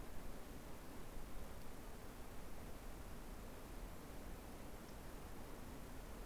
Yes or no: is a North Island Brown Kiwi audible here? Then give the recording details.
no. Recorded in New Zealand on 6 February 2013. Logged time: 23:58. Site DQ55